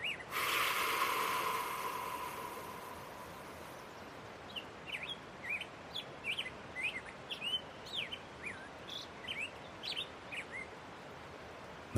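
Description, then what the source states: Grosbeak song begins after a loud rushing burst of noise, then a string of sweet, slurred warbled notes, roughly two per second, continuing to the end. Recorded today down by the creek; the grosbeaks have returned.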